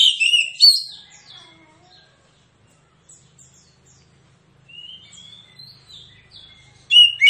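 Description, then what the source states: Magpie-robin song, loud whistled phrases at the start, then soft scattered notes and faint rising whistles, ending with another loud whistled burst. Persistent song described as 'full tembakan'.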